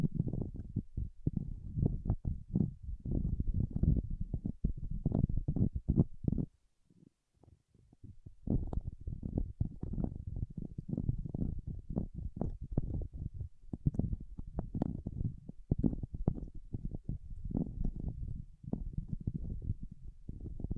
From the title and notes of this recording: ASMR with Wax Fingertips for Sleep (No Talking).